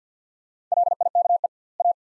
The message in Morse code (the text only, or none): LIKE A